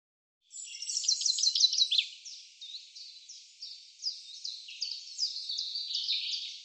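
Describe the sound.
Bird pouring out a continuous high trill of quick descending notes, dense at first and then breaking into spaced, repeated chirps.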